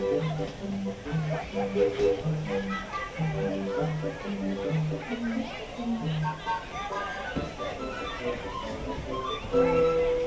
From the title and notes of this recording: Alice in Wonderland Corner, Disneyland Park Binaural Recording. Alice in Wonderland corner in Fantasyland at Disneyland Park. The sounds/ambience found on both the Mad Tea Party and Alice in Wonderland attractions.